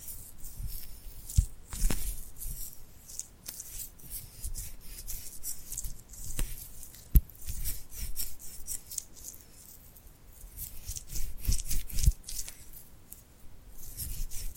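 Glued hands rub and peel in crisp, bright rustles, clustered and uneven, with sharp clicks near two, seven and twelve seconds.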